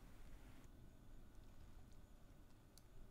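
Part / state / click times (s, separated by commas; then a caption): SIM card into sports camera SIM slot / seated / 2.8 s. A SIM card is pushed into the SIM slot of a sports camera, following the diagram, over steady low rumbling background noise with faint scraping. A short, sharp click at 2.8 s marks the card latching into place, leaving it seated flush in the slot.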